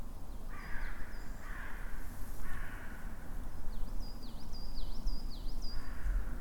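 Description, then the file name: Raven calling, a few hoarse, harmonic croaks in the first half, with a higher bird's whistled, dipping notes repeating after four seconds over steady background noise. Calling while flying. "Raven Crows While Flying"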